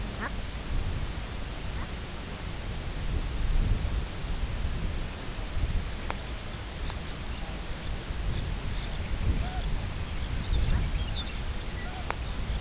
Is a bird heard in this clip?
yes